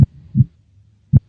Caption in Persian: یکیش انگار محکمتر میزنه و یکیش آرومتر.